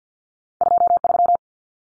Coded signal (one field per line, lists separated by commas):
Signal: Morse code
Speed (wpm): 50 wpm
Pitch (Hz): 700 Hz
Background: none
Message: 23